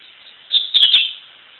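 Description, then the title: Double-collared seedeater giving a short, high warbling phrase with three crisp clicks, well under a second long, with steady background hiss. "Canto Coleiro"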